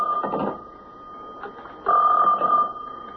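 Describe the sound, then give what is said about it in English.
A special telephone rings in two bursts of shrill, trilling tone separated by a short pause, with a thin steady hum running underneath throughout. “Hey, Inspector, that's a special phone. I'll call you right back.”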